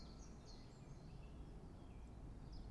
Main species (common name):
Common Chiffchaff